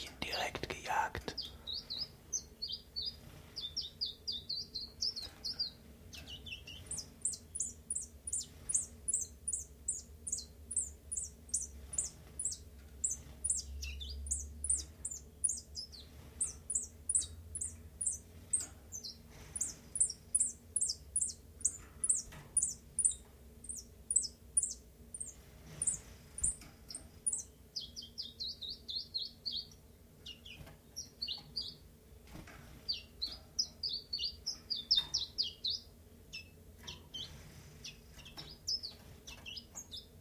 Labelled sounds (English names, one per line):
Common Chiffchaff